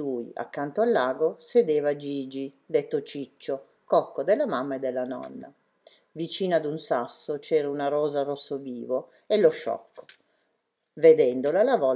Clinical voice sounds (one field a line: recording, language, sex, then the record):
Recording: read passage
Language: Italian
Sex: female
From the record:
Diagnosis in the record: healthy control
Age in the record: 69 years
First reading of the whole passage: 64 s, 7.9 characters per second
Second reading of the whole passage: 54 s, 9.5 characters per second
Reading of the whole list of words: 33 s, 8.4 characters per second